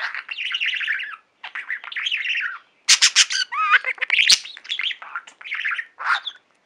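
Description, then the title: Budgerigar warbling in buzzy chirps and wavering whistled notes, with a burst of sharp clicks around three seconds. "Budgie Sounds"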